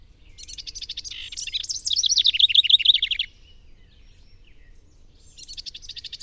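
Bird song, high and fast. Sharp ticks build into a rolling, wavering trill for about three seconds, then silence, then a new phrase starts near the end.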